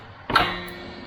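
A blower's front PTO driveshaft is pushed into a tractor's front PTO quick-connect output with the engine off, making a metallic clunk at 0.3 s and 0.4 s. The coupling goes only partly in and does not fully engage because the splined teeth are not lined up, so the shaft is to be spun to line them up.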